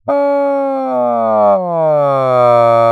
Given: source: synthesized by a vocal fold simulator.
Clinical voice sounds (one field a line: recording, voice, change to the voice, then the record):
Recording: sustained vowel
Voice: male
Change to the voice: asymmetry, level 49 of 51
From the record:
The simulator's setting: 5.80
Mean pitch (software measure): 130 Hz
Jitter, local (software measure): 0.29%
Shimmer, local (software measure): 2.0%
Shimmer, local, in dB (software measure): 0.17 dB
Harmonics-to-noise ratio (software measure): 28.1 dB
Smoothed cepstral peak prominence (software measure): 22.1 dB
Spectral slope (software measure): -19.4 dB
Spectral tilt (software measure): -13.0 dB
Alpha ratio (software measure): -9.9 dB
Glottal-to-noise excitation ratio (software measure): 0.954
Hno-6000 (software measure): 2.9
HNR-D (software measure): 27.0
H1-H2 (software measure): -6.5 dB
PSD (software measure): 1.1e-03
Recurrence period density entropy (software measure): 0.113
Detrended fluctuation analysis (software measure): 0.0406